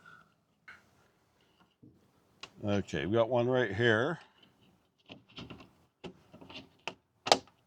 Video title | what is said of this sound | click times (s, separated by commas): Lippert door window removal | Okay, did you hear that click? That's it coming unlocked. | 6.9 s